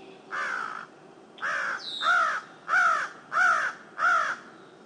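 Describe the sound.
Crow giving six loud rasping caws, with a faint high squeak once.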